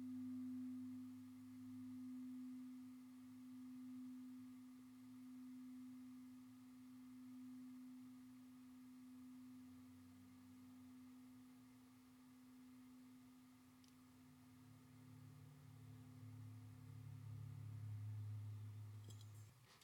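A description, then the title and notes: A singing bowl rings with one steady, low tone that holds for the full twenty seconds, swelling and easing in a slow, regular pulse. Beneath it a softer low hum wavers, growing louder near the end, with a faint tick around fourteen seconds. Bright Simple & Happy Singing Bowl. The transcendent tones of meditative bells and Tibetan singing bowls.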